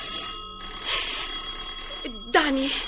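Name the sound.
telephone ringing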